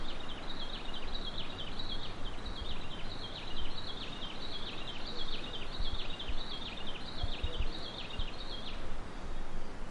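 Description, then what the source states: Green-backed gerygone song: high, thin notes in short descending phrases, repeated steadily through most over a constant low rumble. Papua New Guinea.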